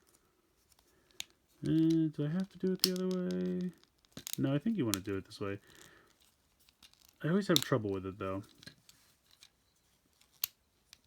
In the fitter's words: there we go so flip that around that'll click into place